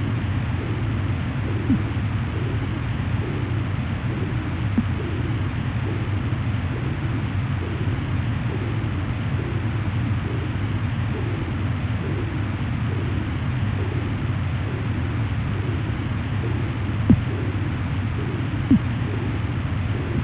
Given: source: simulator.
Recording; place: transcranial Doppler ultrasound of blood flow; internal carotid artery (ICA)